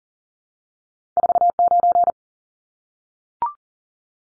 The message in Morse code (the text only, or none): 49